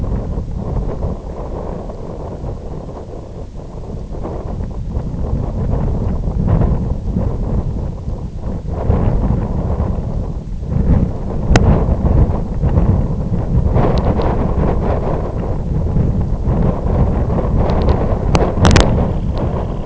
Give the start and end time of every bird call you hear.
18.78s-19.86s: Calidris pusilla (2.2-4.2 kHz)

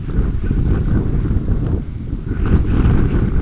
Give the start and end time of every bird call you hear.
1.73s-2.23s: Calidris alpina (1.7-2.8 kHz)

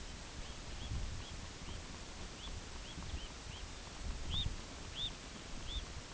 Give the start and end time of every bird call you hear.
0.25s-5.97s: Phalaropus fulicarius (2.0-4.3 kHz)

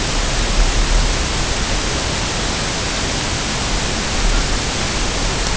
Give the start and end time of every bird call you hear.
2.87s-3.10s: Calcarius lapponicus (3.1-4.8 kHz)

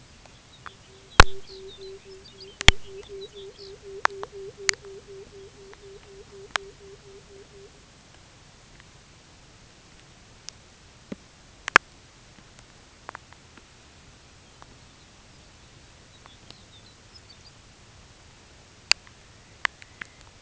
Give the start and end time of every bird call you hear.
0.41s-3.83s: Calcarius lapponicus (1.7-5.8 kHz)
0.54s-7.95s: Calidris melanotos (0.1-0.8 kHz)
14.35s-17.59s: Calcarius lapponicus (3.0-5.8 kHz)
19.00s-20.27s: Calidris alpina (1.4-2.5 kHz)

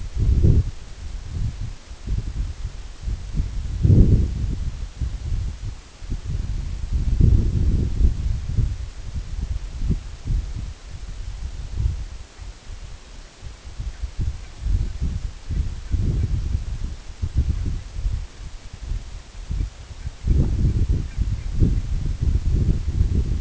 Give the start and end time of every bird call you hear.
12.29s-12.48s: Branta canadensis (0.6-2.4 kHz)
13.81s-14.04s: Branta canadensis (1.4-2.7 kHz)
14.36s-14.53s: Branta canadensis (1.3-2.8 kHz)
14.79s-14.98s: Branta canadensis (1.3-2.8 kHz)
15.46s-16.30s: Branta canadensis (1.2-3.0 kHz)
17.46s-17.89s: Branta canadensis (1.1-2.7 kHz)
19.91s-21.89s: Branta canadensis (1.2-2.8 kHz)

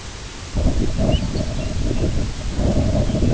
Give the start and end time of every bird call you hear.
1.04s-1.77s: Calcarius lapponicus (2.4-5.1 kHz)

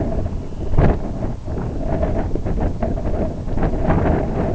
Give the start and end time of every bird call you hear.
0.17s-1.05s: Calidris alpina (2.1-3.9 kHz)

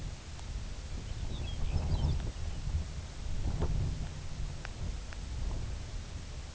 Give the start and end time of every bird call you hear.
1.08s-2.66s: Calcarius lapponicus (1.8-6.4 kHz)

